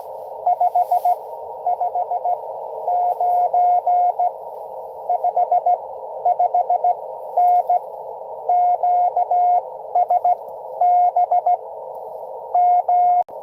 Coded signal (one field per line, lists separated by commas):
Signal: Morse code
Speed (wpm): 23 wpm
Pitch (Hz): 690 Hz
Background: radio noise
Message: 559 55N QSB M